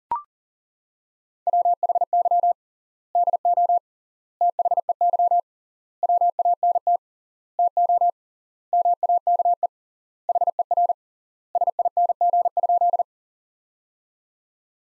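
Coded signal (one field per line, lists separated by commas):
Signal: Morse code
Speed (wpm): 40 wpm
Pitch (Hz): 700 Hz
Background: none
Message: WHY DO THEY WANT TO MAKE HER SING?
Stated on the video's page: Morse practice sentences from the top 400 words at 40 wpm with 3x word spacing, a word-level variant of Farnsworth spacing.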